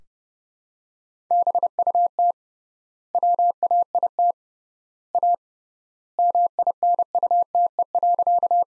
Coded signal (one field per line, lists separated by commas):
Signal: Morse code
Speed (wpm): 30 wpm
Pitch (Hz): 700 Hz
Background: none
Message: BUT WAIT A MINUTE.